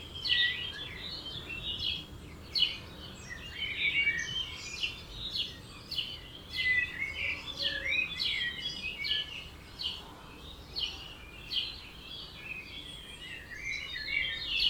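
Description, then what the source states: Birds: a dense, continuous bird chorus of many overlapping high chirps and trills. Dawn chorus at 4am in Oberhofen, Inntal, Austria; binaural recording.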